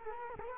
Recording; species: mosquito wingbeat signal from an infrared sensor; Culex quinquefasciatus